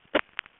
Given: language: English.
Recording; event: throat vibration sensor signal played as sound; cough